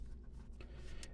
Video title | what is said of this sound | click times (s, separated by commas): Chuck's Reviews Transformers Crossover Hot Wheels Twin Mill | It'll just slide on and kind of friction snap into place, | 0.6 s, 1.0 s